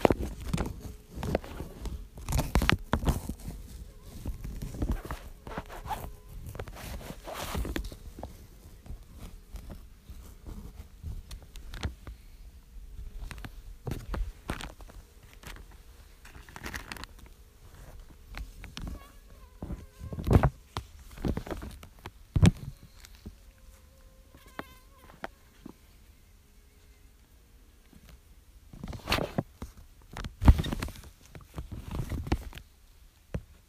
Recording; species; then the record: mosquito flight sound by mobile phone; Aedes sierrensis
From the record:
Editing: field recording with all noises